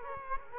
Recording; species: mosquito wingbeat signal from an infrared sensor; Culex quinquefasciatus